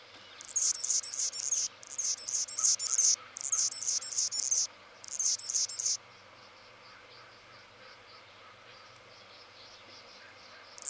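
Anna's hummingbird song: very high, scratchy buzzing phrases in short, rapid bursts for about six seconds, then near silence with faint background hiss, and a brief burst again at the very end.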